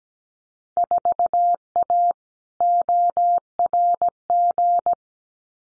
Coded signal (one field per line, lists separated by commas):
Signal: Morse code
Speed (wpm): 17 wpm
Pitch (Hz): 700 Hz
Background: none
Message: 4A ORG